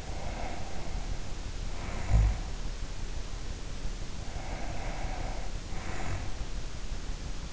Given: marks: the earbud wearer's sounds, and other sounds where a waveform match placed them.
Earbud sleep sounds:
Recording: sounds in sleep by an in-ear microphone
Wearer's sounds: snoring breath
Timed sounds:
0.00-2.58 s: snoring breath
4.10-6.41 s: snoring breath

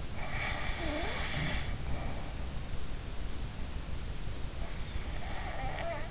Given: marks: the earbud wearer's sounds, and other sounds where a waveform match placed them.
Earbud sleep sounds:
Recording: sounds in sleep by an in-ear microphone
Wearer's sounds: snoring breath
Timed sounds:
0.08-2.58 s: snoring breath
5.07-6.11 s: snoring breath

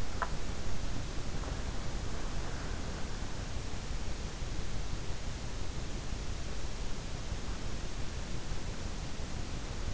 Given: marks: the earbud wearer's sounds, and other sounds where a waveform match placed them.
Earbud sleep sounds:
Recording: sounds in sleep by an in-ear microphone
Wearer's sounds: teeth grinding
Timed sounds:
0.00-0.57 s: teeth grinding

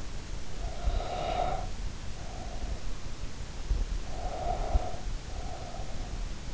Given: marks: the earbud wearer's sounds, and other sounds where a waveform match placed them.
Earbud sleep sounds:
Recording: sounds in sleep by an in-ear microphone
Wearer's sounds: breath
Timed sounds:
0.28-2.78 s: breath
3.97-6.54 s: breath

